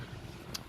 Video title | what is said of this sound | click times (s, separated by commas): DIY How to Replace Traxxas Titan 12T 550 Motor Engine Remove & Install | keep pushing and twisting until you feel it or hear it well you can't hear it until you feel it click into place and then | 0.6 s